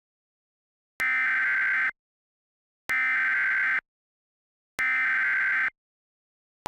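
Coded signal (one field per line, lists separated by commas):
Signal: Emergency Alert System (SAME) tones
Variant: header bursts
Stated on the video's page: Fictional mock EAS alert about an EASyPLUS encoder hack, using valid EAS tones.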